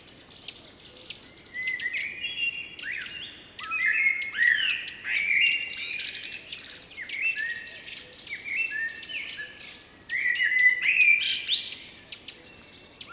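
Blackbird singing repeated mellow, whistled phrases separated by short pauses, mixed with twittery notes.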